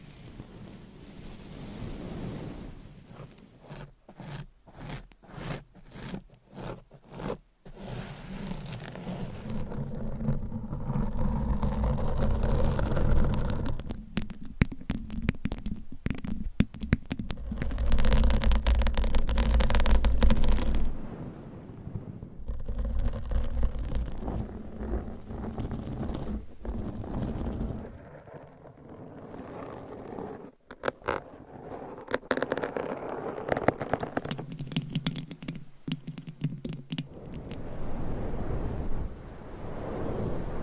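Scratching and tapping sounds run through the whole stretch, with quick bursts of sharp taps around 4–8 seconds and again near 28–37 seconds. Between them come longer, denser rubbing and scraping passages, loudest around 12–20 seconds, with a low rumble underneath.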